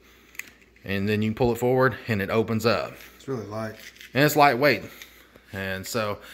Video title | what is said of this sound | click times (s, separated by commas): FISHING SNIPS / RETRACTABLE TETHERS / KEY ORGANIZER | It locks in place so it don't stay open. So you just pull it back and it stays closed, | 0.4 s